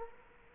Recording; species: mosquito wingbeat signal from an infrared sensor; Culex quinquefasciatus